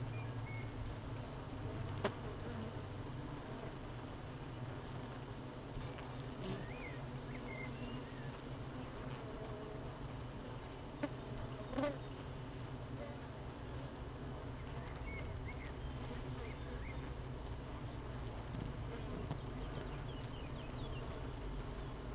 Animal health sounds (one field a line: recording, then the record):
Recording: honeybee colony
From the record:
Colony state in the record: missing queen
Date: 31 May 2018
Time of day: 8:10